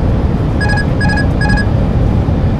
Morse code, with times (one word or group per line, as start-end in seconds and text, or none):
none